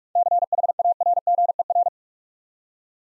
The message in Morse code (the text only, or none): CHARGER